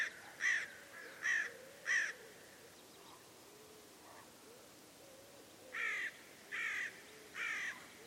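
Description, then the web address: Bird calling in two bursts of three rasping, crow-like caws separated by a long pause, with faint softer calls in between. "cianscape. Deverinetal 2025. Bird Only"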